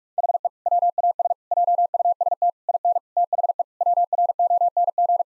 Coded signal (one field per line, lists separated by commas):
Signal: Morse code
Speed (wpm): 46 wpm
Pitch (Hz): 700 Hz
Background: none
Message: HE WAS JUST IN THE WRONG